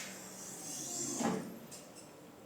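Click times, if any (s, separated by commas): none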